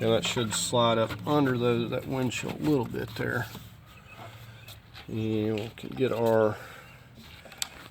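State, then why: Seated. Someone talks while reassembling the front end of a 2016 Kia Soul, then plugs the plastic windshield washer pump wiring connector into its mating plug. After a quieter stretch, a single sharp click sounds at 7.6 s as the connector seats.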